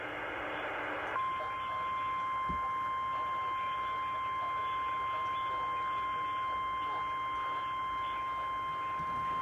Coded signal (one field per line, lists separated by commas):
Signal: Emergency Alert System (SAME) tones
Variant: 853 and 960 Hz attention tone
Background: speech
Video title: EAS Alerts from 6/3/21 - 6/23/21 EAS#500-520